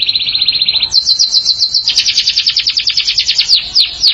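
Canary song: a fast rolling trill that jumps abruptly higher after a second, continuing as rapid, rhythmic, buzzy notes throughout.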